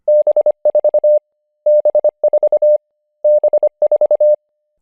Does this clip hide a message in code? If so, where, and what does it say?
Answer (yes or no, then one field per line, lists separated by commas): yes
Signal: Morse code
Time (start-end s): 0.1-4.3 s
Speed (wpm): 27 wpm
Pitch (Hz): 600 Hz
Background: none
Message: B4 B4 B4